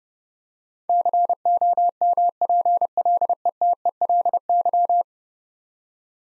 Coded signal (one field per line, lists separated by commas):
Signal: Morse code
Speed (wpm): 31 wpm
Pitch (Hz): 700 Hz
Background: none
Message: COMPLETELY